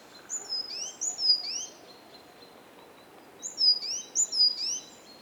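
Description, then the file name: Great tit gives two bursts of sharp, high repeated notes with a short silence between them, over low steady noise. "Parus major"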